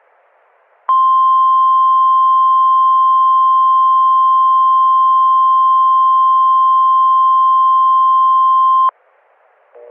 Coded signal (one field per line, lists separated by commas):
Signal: Emergency Alert System (SAME) tones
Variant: 1050 Hz attention tone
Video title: Shelter in Place Warning–May 4th 2006 (EAS Recreation)